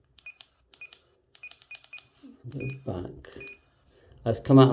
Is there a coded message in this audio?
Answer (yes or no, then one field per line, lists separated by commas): no